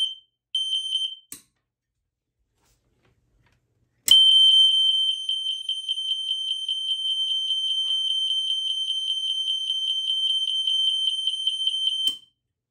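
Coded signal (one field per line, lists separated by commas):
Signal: alarm pattern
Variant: 3K continuous horn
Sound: short bursts, then a steady shrill 3 kHz horn for about 8 seconds, faint rapid pulsing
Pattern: continuous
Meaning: Continuous coding signals a fire alarm and evacuation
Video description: 4 tone/coding options: .Mechanical Temporal 3 .Mechanical Continuous .3K Temporal 3 .3K Continuous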